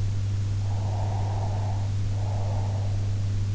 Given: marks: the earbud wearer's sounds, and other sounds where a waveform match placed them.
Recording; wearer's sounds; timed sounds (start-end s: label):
sounds in sleep by an in-ear microphone; breath
0.40-3.23 s: breath